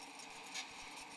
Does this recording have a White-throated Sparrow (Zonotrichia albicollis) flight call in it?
no